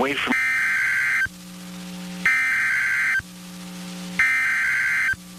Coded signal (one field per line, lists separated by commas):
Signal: Emergency Alert System (SAME) tones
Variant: header bursts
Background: speech